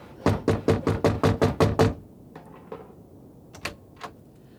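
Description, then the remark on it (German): A rapid series of eight loud, evenly spaced knocks on the wooden door of a hut, followed by a few softer, scattered taps and rustles. “Wir klopfen einfach hier an der Hütte.”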